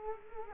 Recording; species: mosquito wingbeat signal from an infrared sensor; Culex quinquefasciatus